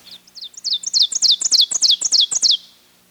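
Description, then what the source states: Ovenbird singing a rapid run of several repeated high, emphatic two-part phrases that swell in volume, then end suddenly in quiet. Recorded on 30 May 1998.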